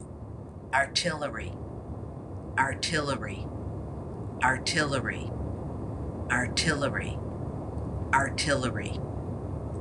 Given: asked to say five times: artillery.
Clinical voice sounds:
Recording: repeated word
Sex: female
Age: 60 to 69 years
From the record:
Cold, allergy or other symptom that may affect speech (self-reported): no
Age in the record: 68 years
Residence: North Carolina, United States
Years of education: 17

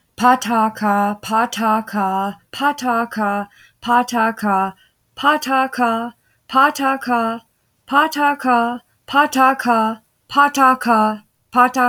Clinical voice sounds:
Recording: repeated syllables /pa ta ka/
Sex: female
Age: 20 to 29 years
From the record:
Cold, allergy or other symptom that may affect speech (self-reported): no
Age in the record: 28 years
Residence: Texas, United States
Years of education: 16

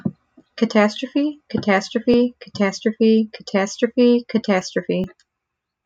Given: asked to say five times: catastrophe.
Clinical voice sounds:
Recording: repeated word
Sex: female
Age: 20 to 29 years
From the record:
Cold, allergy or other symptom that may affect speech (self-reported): no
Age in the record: 26 years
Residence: Florida, United States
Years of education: 12

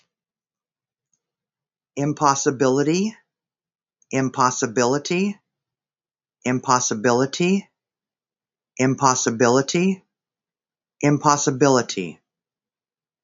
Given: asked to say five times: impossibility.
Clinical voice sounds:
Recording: repeated word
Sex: female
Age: 50 to 59 years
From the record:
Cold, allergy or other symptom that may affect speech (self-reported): no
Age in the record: 53 years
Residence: Arizona, United States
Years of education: 12

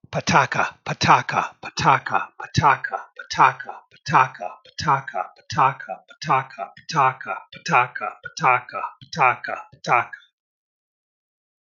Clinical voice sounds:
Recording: repeated syllables /pa ta ka/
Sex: male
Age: 70 to 79 years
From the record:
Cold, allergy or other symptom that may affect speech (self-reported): no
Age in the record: 70 years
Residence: Michigan, United States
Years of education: 16

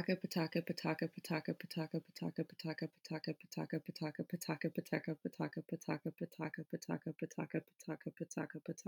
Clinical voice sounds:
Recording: repeated syllables /pa ta ka/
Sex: female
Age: 20 to 29 years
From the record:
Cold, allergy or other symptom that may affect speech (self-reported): no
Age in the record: 20 years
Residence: North Carolina, United States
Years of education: 14

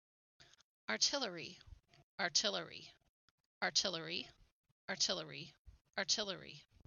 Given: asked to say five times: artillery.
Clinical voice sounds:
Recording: repeated word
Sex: female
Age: 40 to 49 years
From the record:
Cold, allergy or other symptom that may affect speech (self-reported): no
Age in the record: 44 years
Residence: Idaho, United States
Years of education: 16

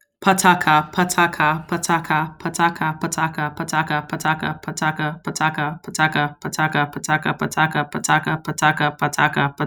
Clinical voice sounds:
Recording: repeated syllables /pa ta ka/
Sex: female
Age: 30 to 39 years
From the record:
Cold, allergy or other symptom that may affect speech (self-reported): no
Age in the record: 32 years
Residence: Michigan, United States

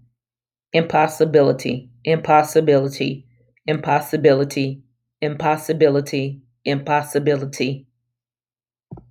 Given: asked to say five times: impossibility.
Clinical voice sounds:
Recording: repeated word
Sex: female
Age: 40 to 49 years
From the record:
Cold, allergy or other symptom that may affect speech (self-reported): no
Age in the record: 40 years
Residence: North Carolina, United States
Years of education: 15

